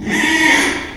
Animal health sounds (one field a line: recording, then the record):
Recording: squeal of a Yucatan mini pig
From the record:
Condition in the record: after surgery on the right vocal fold (resection and tissue-engineered implant)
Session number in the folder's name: 3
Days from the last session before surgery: 33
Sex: male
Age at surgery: 12 weeks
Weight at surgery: 13 kg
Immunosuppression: cyclosporine, prednisolone